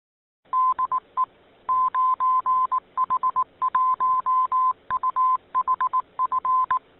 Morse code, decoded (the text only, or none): DE 9H1UHF